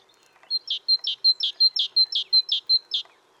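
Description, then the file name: Great tit song with around seven quick repeated two-note phrases, high clear note followed by a lower rasping one, evenly paced throughout. "Parus major"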